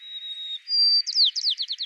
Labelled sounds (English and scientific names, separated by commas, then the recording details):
White-crowned Sparrow (Zonotrichia leucophrys) song
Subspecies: nuttalli
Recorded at Battery East, California, in 2013
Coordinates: 37.809, -122.473
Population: north
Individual beH_13